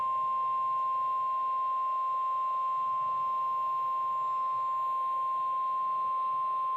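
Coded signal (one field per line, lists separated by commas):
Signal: Emergency Alert System (SAME) tones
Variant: 1050 Hz attention tone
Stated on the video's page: EAS activation for a National Weather Service flash flood warning.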